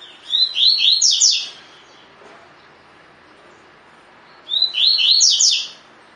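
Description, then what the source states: Double-collared seedeater delivering two bright, rapid phrases of high downslurred whistles a few seconds apart, quiet background between them. Song in the "tui tui" style, with the bird described as "fibra"; Brazilian Portuguese name coleiro de gola.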